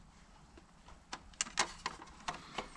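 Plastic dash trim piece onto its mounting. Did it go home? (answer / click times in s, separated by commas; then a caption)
no / none. A plastic dash trim piece, the unbroken one, is pushed onto its mounting on a Civic while a tacho is being installed. A series of small, sharp plastic taps and knocks can be heard as the piece is handled. Nothing has seated or clicked into place yet.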